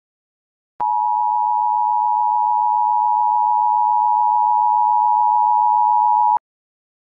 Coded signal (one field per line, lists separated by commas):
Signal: Emergency Alert System (SAME) tones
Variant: 853 and 960 Hz attention tone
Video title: [EAS/Analog Horror] Перехват телевещания "Карусель" [23.02.2020]